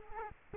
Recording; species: mosquito wingbeat signal from an infrared sensor; Culex quinquefasciatus